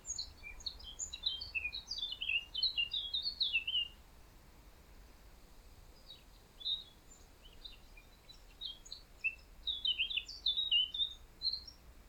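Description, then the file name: Eurasian blackcap giving two bursts of rapid high twittering, separated by a quieter gap of scattered faint notes, with soft background noise throughout. "Sylvia atricapilla"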